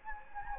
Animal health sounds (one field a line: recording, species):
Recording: mosquito wingbeat signal from an infrared sensor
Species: Anopheles gambiae